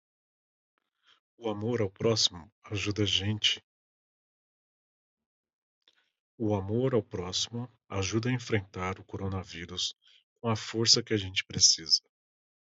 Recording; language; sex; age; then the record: spoken sentence; Brazilian Portuguese; male; 30 to 39 years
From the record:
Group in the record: control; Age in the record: 35 years